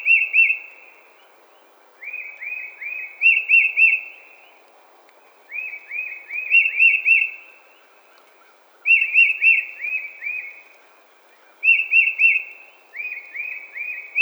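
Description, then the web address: Tufted titmouse calling in repeated bursts of quick, downslurred whistled notes, with a new group every second or two throughout. Recorded 20 March 2007. "Tufted Titmouse 2007 03 20"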